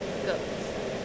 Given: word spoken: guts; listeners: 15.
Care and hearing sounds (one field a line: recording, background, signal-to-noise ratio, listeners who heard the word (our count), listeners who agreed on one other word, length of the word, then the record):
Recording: one English word in noise, from a listening test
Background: speech-shaped noise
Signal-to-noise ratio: -4.8 dB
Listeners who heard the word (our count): 5 of 15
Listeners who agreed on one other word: 7 of 15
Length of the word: 0.65 s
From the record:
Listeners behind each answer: 7, 5, 2, 1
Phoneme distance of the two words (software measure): 7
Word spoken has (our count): 1 syllable, 4 phonemes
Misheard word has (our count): 1 syllable, 3 phonemes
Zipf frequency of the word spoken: 3.92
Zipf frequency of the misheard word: 3.95